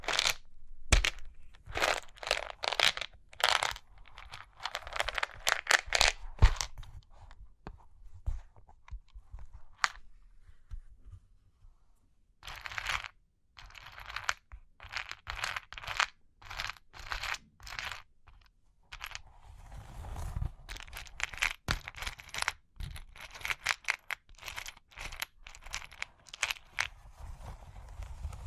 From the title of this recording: Cork and Wood Tapping, Scratching, Tracing